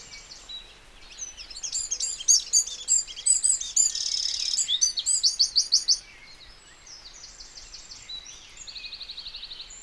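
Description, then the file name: Eurasian wren song, a loud, very high, rapid outpouring of buzzy trills and sharp notes lasting about four seconds, followed by fainter trills. "Troglodytes troglodytes"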